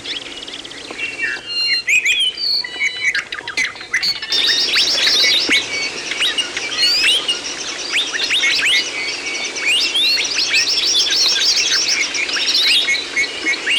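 Bird song starting with sparse clicks and ticking notes, then swelling into a thick chorus of high chirps and twittering that keeps going to the end.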